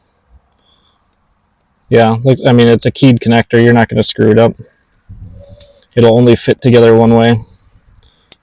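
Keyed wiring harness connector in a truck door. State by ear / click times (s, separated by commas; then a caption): seated / 8.3 s. A keyed plastic wiring harness connector in the door of an F150 truck is mated during a tow mirror install while someone talks. After the speech, the connector seats with a loud, sharp click at 8.3 s.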